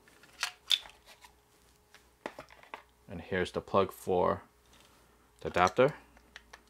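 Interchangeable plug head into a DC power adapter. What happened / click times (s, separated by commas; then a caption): The plug head is handled but not yet seated / none. A removable regional plug head is handled near the body of the DC power adapter for a Hollyland Mars 400S PRO SDI/HDMI wireless video transmission system. Short plastic clicks and taps come around 0.4–0.7 s, 2.3–2.7 s and 6.2–6.8 s, and someone talks in between. The plug head has not snapped onto the adapter yet, and nothing has seated.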